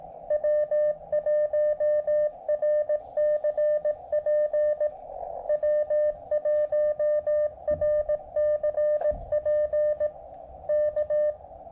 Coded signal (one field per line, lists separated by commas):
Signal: Morse code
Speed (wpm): 17 wpm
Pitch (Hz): 600 Hz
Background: music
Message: W1RCP W1RCP K